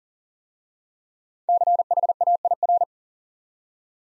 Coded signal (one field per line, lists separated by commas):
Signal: Morse code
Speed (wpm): 38 wpm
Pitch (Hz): 700 Hz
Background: none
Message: CHAIR